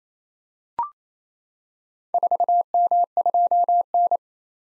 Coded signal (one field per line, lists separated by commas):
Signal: Morse code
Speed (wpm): 29 wpm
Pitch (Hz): 700 Hz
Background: none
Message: 4M2N